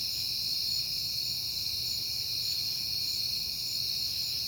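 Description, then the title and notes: Crickets give a steady high ringing chorus over faint low background rumble. Crickets on a peaceful night in September. "Night Time: Crickets and Passing Cars. It is September and I have been hearing the crickets a lot, but finally had a peaceful night to make the recording"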